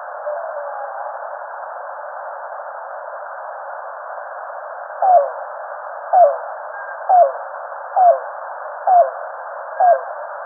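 Yellow-billed cuckoo call series: after a quiet start, six short, hollow notes that slide downward, spaced roughly a second apart over a faint background hiss.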